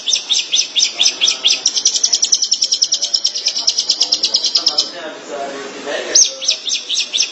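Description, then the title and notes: Shrike giving quick scratchy high notes in a long burst, a short gap with a soft low noise, then the chatter resumes. Recorded in March 2017. "Pentet 201703. Suara burung pentet"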